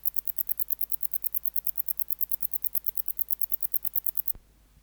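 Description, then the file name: Wart-biter stridulation: quick, regular, high-pitched clicks for about four seconds before stopping abruptly, leaving near silence. "Decticus verrucivorus"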